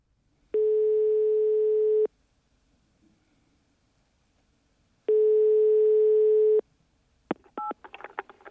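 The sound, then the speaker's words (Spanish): Two long, steady telephone ringing tones, each about a second and a half, separated by a silent pause, followed by a quick burst of clicks and short beeps as the line connects. “Escuche con atención una conversación telefónica en la que una persona pide información sobre becas para estudiar en el extranjero.”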